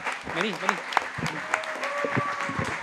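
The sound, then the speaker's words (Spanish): A crowd applauds steadily with dense, continuous clapping as a guest is invited up to speak, while a few voices call out and a thin whistle rises above the clapping partway through. “Entonces quiero un aplauso para el”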